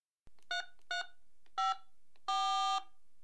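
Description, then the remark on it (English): Three short electronic beeps from a phone keypad, evenly paced, followed by one longer, brighter tone. Each is a clear, moderately loud pitched tone with no voices. “Yes. Let's phone him now.”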